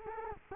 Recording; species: mosquito wingbeat signal from an infrared sensor; Culex quinquefasciatus